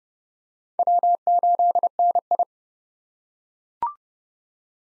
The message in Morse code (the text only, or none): W8NI